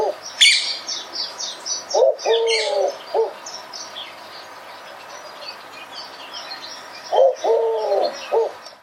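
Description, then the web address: Bird calls: low, hollow, cooing phrases of a few notes, a fragment at the very start and then two full phrases with a long gap between them, over scattered high chirps and twitters from other birds. "Deverinetal 2025. Bird Only"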